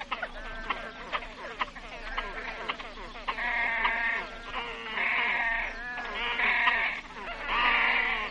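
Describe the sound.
Great crested grebe calls, quick ticking clicks that build into a series of harsh, nasal, bleating notes growing louder toward the end.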